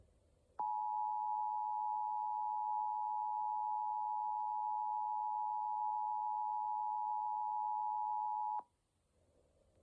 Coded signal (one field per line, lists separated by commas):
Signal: Emergency Alert System (SAME) tones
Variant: 853 and 960 Hz attention tone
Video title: A Normal Day | EAS #24-34